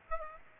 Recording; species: mosquito wingbeat signal from an infrared sensor; Aedes aegypti